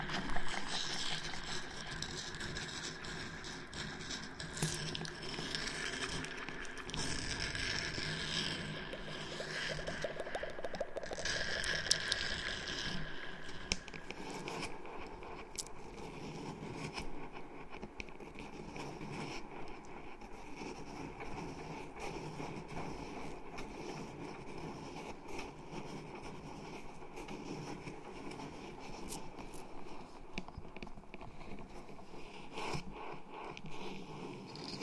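Intense, aggressive scratching on a microphone, dense and continuous with rough rasping strokes, brighter bursts early on, then steadier grinding scrapes throughout.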